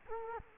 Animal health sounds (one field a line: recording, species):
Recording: mosquito wingbeat signal from an infrared sensor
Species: Culex quinquefasciatus